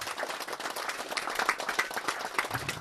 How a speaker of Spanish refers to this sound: pero no podía faltar la voz de los compañeros de Brasil. Un aplauso para el compañero.